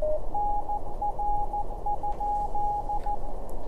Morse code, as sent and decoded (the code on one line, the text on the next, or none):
-. .-. ..--..
NR?